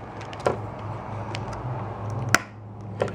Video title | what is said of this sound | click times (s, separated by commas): Building a Desktop PC Tower for Under $300 - Part 3 - Installing the Heatsink and Memory | snap into place | 2.4 s